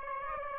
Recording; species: mosquito wingbeat signal from an infrared sensor; Aedes aegypti